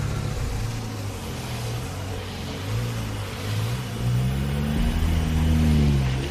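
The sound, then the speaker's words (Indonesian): An angkot minibus engine revs up as its driver accelerates away, its low harmonic drone rising and falling in pitch as it grows louder toward the end. “Begitu kata supir angkot itu, sambil ketus dan langsung menggas mobilnya.”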